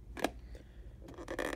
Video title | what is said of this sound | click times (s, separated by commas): URPOWER 2nd Version Essential Oil Diffuser - Review & Demo! | make sure it's on there tight snaps into place | 0.2 s